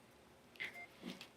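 On an Arctic Sun 5000 temperature management system with the pads emptied, the clear tabs on a gel pad hose connector are squeezed and the connector is pushed in against the plastic fluid delivery line. Short clicks are heard at 0.6 s and 1.2 s over a quiet background. The gel pad hose is then pulled apart and released from the fluid delivery line.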